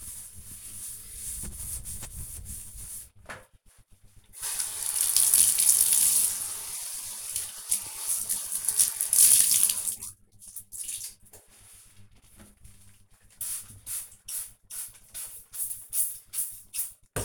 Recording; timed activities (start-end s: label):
household activities, microphone on the right wrist
0.00-17.25 s: bathroom cleaning (bathtub)